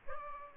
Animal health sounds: mosquito wingbeat signal from an infrared sensor; Aedes albopictus

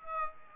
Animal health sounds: mosquito wingbeat signal from an infrared sensor; Aedes aegypti

